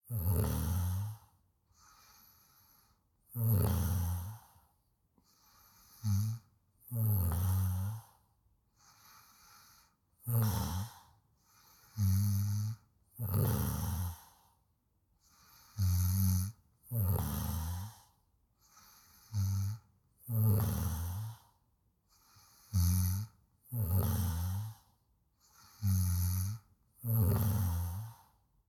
Human snore.